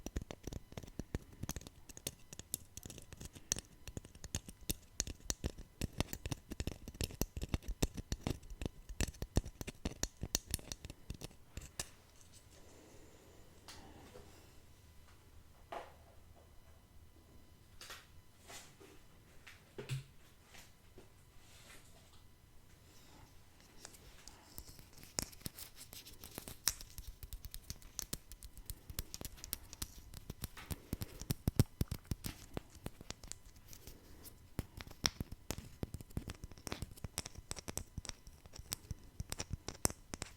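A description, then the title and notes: Tapping with no talking, a rapid, dense stream of sharp clicks and taps. The taps are busiest in the first ten seconds and again after about 25 seconds, thinning to sparser, softer taps in between with a few louder isolated knocks. Tapping No Talking.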